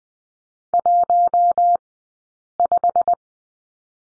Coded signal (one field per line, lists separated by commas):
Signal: Morse code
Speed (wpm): 20 wpm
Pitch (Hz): 690 Hz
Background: none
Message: 15